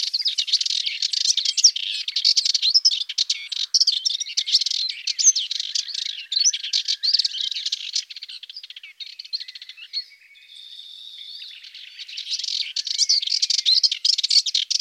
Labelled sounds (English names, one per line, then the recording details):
Subalpine Warbler song
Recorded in the wild
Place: St. Laurent des Arbres und Umgebung, FR
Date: 1997-04-26
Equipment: Dat-Recorder Casio DA 7, Telinga DAT, Telinga-Parabolspiegel
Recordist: Schwarz, Dieter
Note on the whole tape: Song